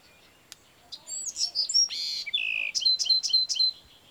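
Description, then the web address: Bewick's wren song phrase of varied chirps and a buzzy slurred note, ending in a series of about five evenly spaced, sharp high notes. "BEWR birds wrens"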